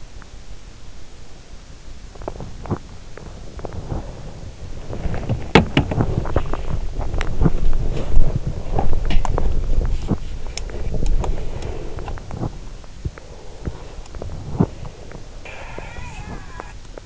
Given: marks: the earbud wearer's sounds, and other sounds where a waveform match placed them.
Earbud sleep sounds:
sounds in sleep by an in-ear microphone; swallowing, body movement, teeth grinding, breath
2.14-3.59 s: swallowing
3.78-14.97 s: body movement
5.42-6.46 s: teeth grinding
13.13-14.15 s: breath
14.67-15.29 s: breath
15.19-17.06 s: teeth grinding

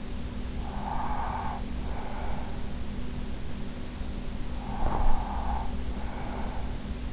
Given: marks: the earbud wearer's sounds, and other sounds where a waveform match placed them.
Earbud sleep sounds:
sounds in sleep by an in-ear microphone; breath
0.66-2.95 s: breath
4.21-7.12 s: breath

